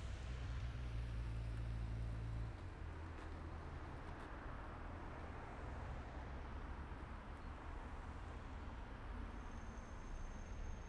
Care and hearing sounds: everyday scene through a hearing-aid microphone; in traffic; traffic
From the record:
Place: main road on the outskirts, rush hour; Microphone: behind the ear, right, rear

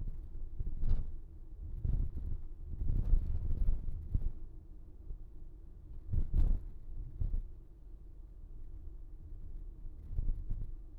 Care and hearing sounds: everyday scene through a hearing-aid microphone; in a vehicle; engine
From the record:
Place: VW T5 Caravelle, diesel engine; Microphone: behind the ear, right, front

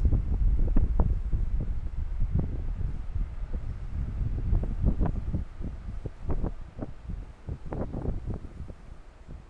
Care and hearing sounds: everyday scene through a hearing-aid microphone; wind on the microphone; squally wind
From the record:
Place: parking lot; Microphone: behind the ear, left, rear

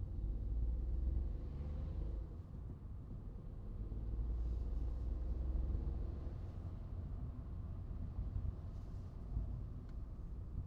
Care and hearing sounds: everyday scene through a hearing-aid microphone; in a vehicle; engine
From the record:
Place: Skoda Fabia, gasoline engine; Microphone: in the ear canal, right

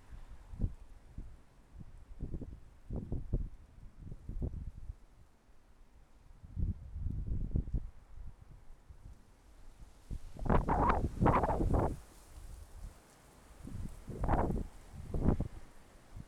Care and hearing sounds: everyday scene through a hearing-aid microphone; wind on the microphone; wind, traffic, birds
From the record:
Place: suburban garden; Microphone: behind the ear, left, rear

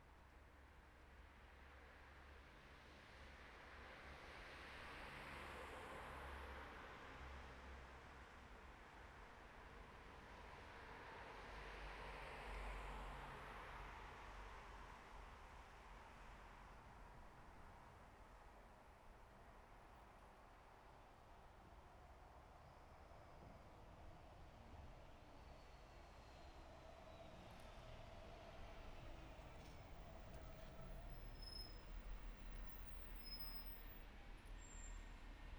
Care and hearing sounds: everyday scene through a hearing-aid microphone; in traffic; traffic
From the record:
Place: bus stop on a city main road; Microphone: behind the ear, right, rear

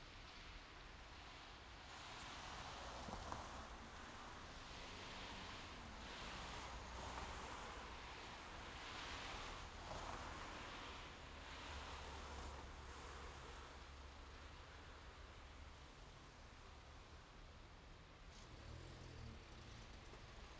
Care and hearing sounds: everyday scene through a hearing-aid microphone; in traffic; traffic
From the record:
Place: main road on the outskirts, rush hour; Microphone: in the ear canal, left

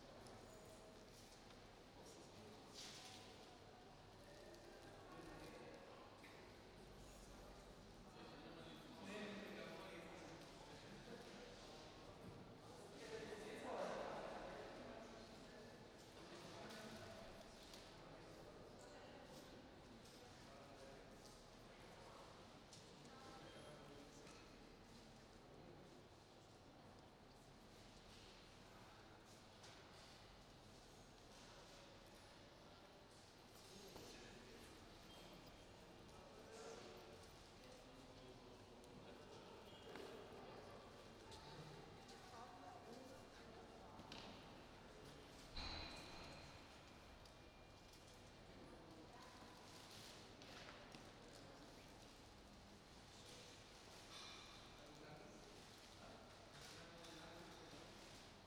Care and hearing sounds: everyday scene through a hearing-aid microphone; reverberant space; background noise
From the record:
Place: railway station hall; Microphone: in the ear canal, right

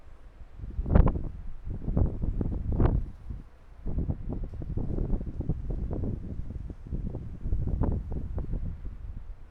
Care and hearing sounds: everyday scene through a hearing-aid microphone; wind on the microphone; squally wind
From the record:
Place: parking lot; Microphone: behind the ear, right, rear

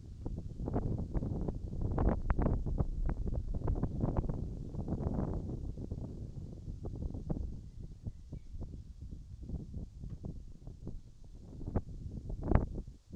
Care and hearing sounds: everyday scene through a hearing-aid microphone; wind on the microphone; wind, birds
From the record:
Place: in front of a rural house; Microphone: in the ear canal, right

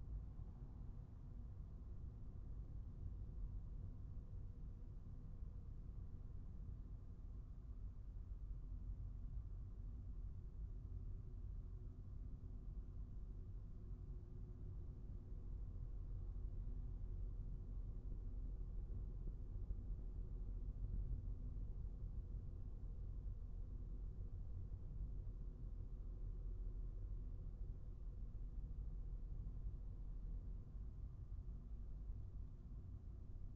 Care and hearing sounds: everyday scene through a hearing-aid microphone; in a vehicle; engine, highway driving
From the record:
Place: Skoda Fabia, gasoline engine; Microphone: behind the ear, right, rear

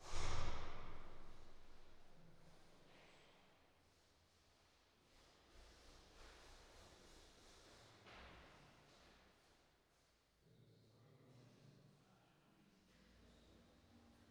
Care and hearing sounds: everyday scene through a hearing-aid microphone; reverberant space; speech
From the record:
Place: staircase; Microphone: in the ear canal, right

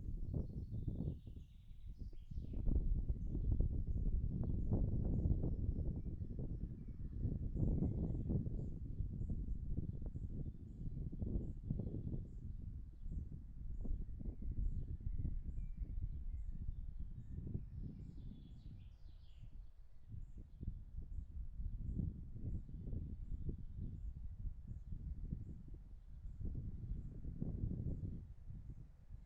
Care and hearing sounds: everyday scene through a hearing-aid microphone; wind on the microphone; wind, birds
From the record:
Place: in front of a rural house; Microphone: behind the ear, right, front

